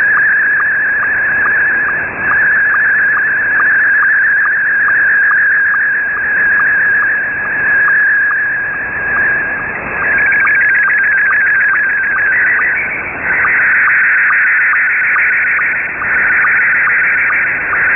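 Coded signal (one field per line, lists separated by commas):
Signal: SSTV (slow-scan television)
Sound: warbling, scratchy tone with steady rhythmic ticks about twice a second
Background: shortwave radio static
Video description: End of the Wolverine radio pirate transmission, sending two SSTV pictures on 6935 khz october 31st 2017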